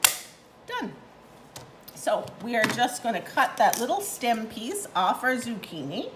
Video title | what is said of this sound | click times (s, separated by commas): Epicure Veggie Burger | that just locks into place and then you press down in the two back corners done | 0.1 s